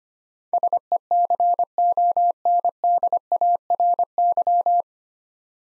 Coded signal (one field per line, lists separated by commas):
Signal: Morse code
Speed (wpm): 25 wpm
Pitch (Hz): 700 Hz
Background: none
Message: SECONDARY